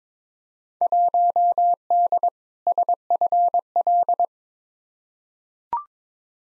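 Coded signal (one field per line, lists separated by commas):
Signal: Morse code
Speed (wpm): 22 wpm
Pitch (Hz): 700 Hz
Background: none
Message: 1D SFL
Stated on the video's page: Field Day exchange copy practice at 22 wpm, each exchange sent, spoken, then sent again; exchanges weighted by 2019 participation.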